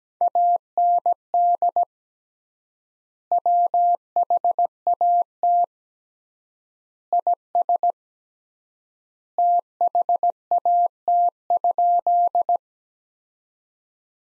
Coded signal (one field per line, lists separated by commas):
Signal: Morse code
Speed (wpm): 17 wpm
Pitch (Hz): 700 Hz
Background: none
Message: AND WHAT IS THAT?